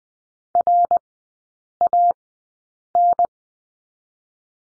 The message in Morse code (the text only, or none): RAN